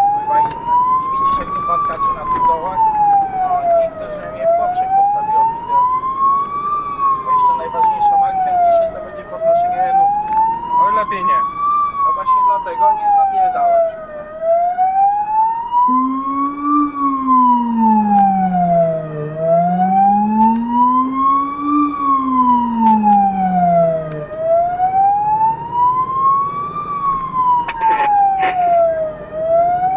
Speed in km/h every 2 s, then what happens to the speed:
62, 62, 62, 60, 58, 45, 39, 30, 24, 24, 30, 34, 38, 40, 44.
0-5 steady at about 62. 5-16 slows to 24. 18-30 speeds up to 44.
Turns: none.